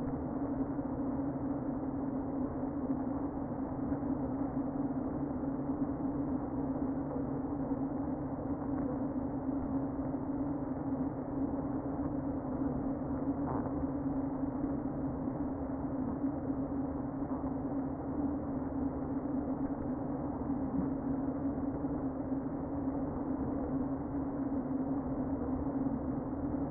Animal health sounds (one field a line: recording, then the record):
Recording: honeybee colony, microphone inside the hive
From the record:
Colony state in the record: queen present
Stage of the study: before two queens were removed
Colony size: about 60,000 bees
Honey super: yes